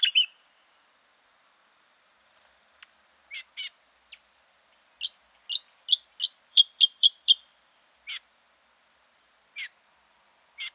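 Brown honeyeater calls: a brief opening warble followed by a series of sharp, high clipped notes, a quick run in the middle, then spaced single chips.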